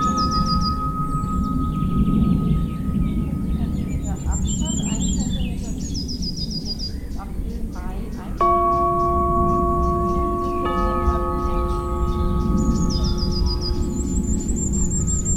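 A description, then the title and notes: Long ringing chime tones sustain over a steady low rumble of planes, with bright birdsong chirping throughout, denser near the middle. I’m still amazed what the little microphone of the Roland R 07 picks up. Wind chimes with a plenty of ambience full of birds, bees, and cycling planes overhead.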